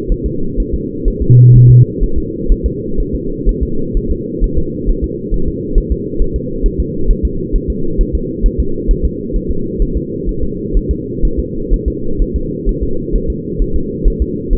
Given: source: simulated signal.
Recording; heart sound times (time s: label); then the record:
fetal heart sounds
0.12 s: S1
0.26 s: S2
0.60 s: S1
0.74 s: S2
1.08 s: S1
1.22 s: S2
1.56 s: S1
1.70 s: S2
2.03 s: S1
2.18 s: S2
2.52 s: S1
2.66 s: S2
3.00 s: S1
3.15 s: S2
3.49 s: S1
3.63 s: S2
3.97 s: S1
4.11 s: S2
4.44 s: S1
4.58 s: S2
4.89 s: S1
5.04 s: S2
5.34 s: S1
5.48 s: S2
5.78 s: S1
5.92 s: S2
6.22 s: S1
6.36 s: S2
6.66 s: S1
6.80 s: S2
7.11 s: S1
7.25 s: S2
7.56 s: S1
7.70 s: S2
8.01 s: S1
8.15 s: S2
8.46 s: S1
8.60 s: S2
8.91 s: S1
9.05 s: S2
9.36 s: S1
9.51 s: S2
9.82 s: S1
9.97 s: S2
10.29 s: S1
10.43 s: S2
10.77 s: S1
10.91 s: S2
11.25 s: S1
11.39 s: S2
11.74 s: S1
11.88 s: S2
12.22 s: S1
12.36 s: S2
12.69 s: S1
12.83 s: S2
13.16 s: S1
13.30 s: S2
13.62 s: S1
13.76 s: S2
14.07 s: S1
14.22 s: S2
14.53 s: S1
From the record:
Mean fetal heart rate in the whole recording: 130 bpm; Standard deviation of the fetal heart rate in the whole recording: 4 bpm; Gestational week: 38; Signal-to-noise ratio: -8.1 dB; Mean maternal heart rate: 72 bpm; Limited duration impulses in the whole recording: present